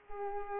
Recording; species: mosquito wingbeat signal from an infrared sensor; Culex pipiens